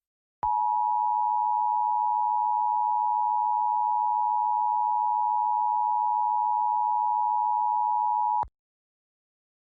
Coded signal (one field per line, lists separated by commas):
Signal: Emergency Alert System (SAME) tones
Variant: 853 and 960 Hz attention tone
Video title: EAS - Dangerous